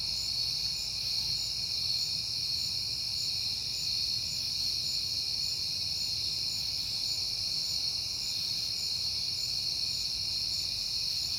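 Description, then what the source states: Crickets produce a continuous, even high-pitched chorus without breaks, accompanied by a quiet low-frequency background hum. Recorded on a peaceful night in September; crickets heard often that month.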